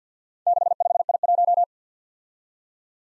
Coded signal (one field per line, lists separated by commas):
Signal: Morse code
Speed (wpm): 53 wpm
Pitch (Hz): 700 Hz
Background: none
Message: 65I1